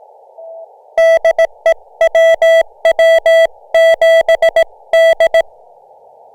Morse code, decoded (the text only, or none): DE WW7D